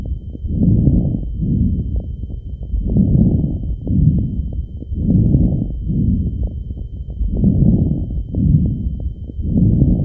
Crackles Med to fine.